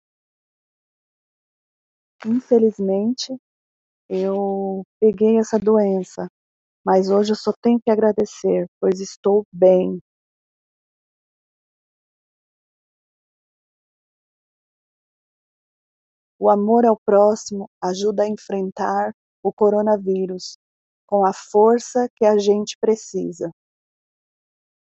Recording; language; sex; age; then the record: spoken sentence; Brazilian Portuguese; female; 40 to 49 years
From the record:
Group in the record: control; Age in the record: 47 years